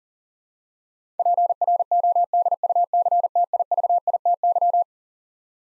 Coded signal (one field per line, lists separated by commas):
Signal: Morse code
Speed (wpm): 40 wpm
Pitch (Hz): 700 Hz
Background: none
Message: PRODUCTIVITY